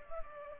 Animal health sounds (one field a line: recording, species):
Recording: mosquito wingbeat signal from an infrared sensor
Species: Culex pipiens